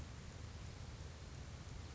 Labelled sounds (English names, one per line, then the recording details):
Pacific Wren
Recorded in Sonoma County, California